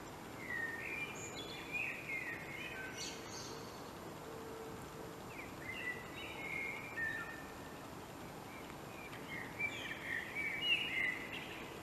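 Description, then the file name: Common blackbird song: three fluted warbling phrases at the start, middle and end, the first and last closing in a thin high twitter, over steady background hiss. "Turdus merula"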